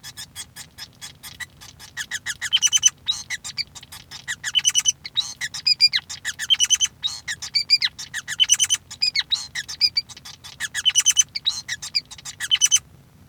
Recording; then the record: song of a male Bengalese finch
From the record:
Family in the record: son of father 5